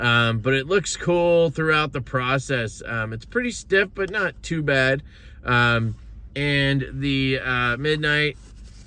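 Someone talks while handling a folding knife, a Midnight Jack, and a stiff, waxed Northwoods Leatherworks leather slip pouch whose wax slowly wears off. No distinct handling noise stands out beneath the steady voice. The knife has not yet popped into the slip, and nothing has seated by the end of the clip.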